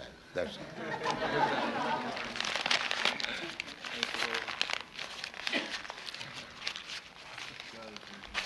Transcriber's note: laughter; sound of package being opened